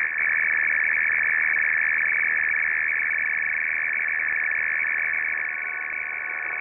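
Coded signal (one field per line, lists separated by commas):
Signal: RTTY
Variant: F01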